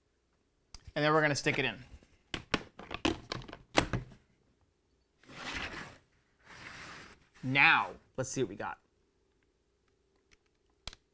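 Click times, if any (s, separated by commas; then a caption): 10.9 s. Someone talks while a loaded film magazine is put into an Aaton XTR Prod motion picture camera body, with several sharp handling knocks between about 0.8 and 3.8 s. After a quiet pause, the first test run gives a single sharp click at 10.9 s as the film loop takes up in the movement. The magazine is seated and good to go.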